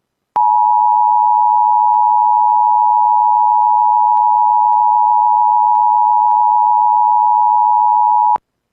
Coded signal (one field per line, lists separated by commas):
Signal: Emergency Alert System (SAME) tones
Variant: 853 and 960 Hz attention tone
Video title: I'm Back! WDFA Capture #1 Double Header! (EAS#27-28)